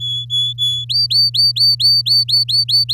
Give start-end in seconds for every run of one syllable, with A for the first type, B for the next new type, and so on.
0.00-0.85 A, 0.89-2.94 B